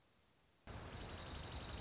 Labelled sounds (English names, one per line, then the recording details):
Dark-eyed Junco
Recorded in Sonoma County, California